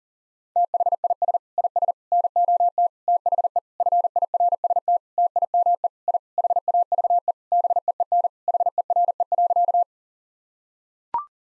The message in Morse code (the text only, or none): THIS IS NOT THE FIRST TIME I HAVE BEEN HERE.